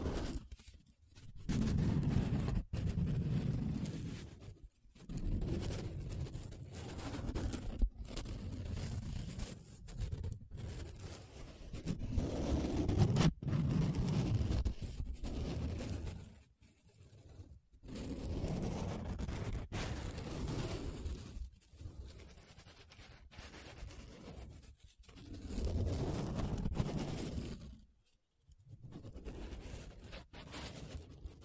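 Paper being rubbed, scratched and traced in repeated strokes, each lasting a few seconds with brief silent pauses between them. The strokes carry a dry, papery hiss and a low rumbling scrape, some louder and rougher than others, continuing steadily throughout.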